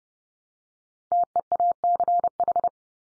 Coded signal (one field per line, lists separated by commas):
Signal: Morse code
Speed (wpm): 30 wpm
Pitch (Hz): 700 Hz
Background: none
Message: TEACH